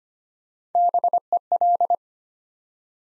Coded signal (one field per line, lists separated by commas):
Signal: Morse code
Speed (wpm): 25 wpm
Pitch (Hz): 700 Hz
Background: none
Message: BEL